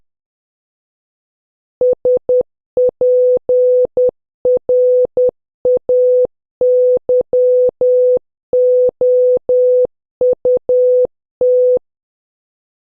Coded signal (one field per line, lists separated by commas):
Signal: Morse code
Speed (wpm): 10 wpm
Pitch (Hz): 500 Hz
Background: none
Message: SPRAYOUT